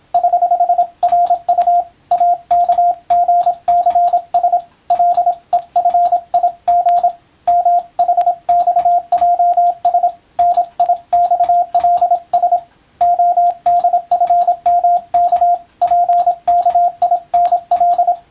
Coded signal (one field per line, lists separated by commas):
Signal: Morse code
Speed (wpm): 27 wpm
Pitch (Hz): 700 Hz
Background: radio noise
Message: <HH>RU AKGCS LEFIG MHXJS NIXLS ODFMK PKINL